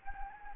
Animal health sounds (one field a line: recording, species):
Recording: mosquito wingbeat signal from an infrared sensor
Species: Anopheles gambiae